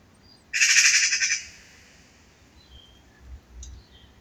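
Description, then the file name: Eurasian magpie calling with one loud grating rattle of about a second, then quiet apart from faint background noise. "Pica pica"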